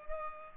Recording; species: mosquito wingbeat signal from an infrared sensor; Culex pipiens